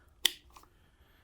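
A second wiring plug is pushed into its connector on a load equalizer and snaps into place with a sharp click at 0.3 s, followed by a few faint small taps. The plug is seated.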